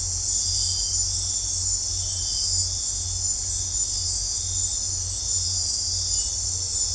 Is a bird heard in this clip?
no